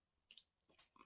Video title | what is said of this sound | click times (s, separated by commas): How to set up a lead clip system | now that brings if you do it proper if you do it properly you should hear a little click | 0.3 s, 0.4 s